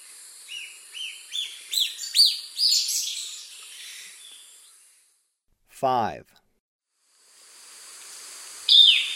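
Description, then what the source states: Golden-headed Manakin calls: a run of short, arched, high notes that climb over about two and a half seconds, then a sharp downward-sweeping buzzy burst and one more high note. Eastern lowlands of South America.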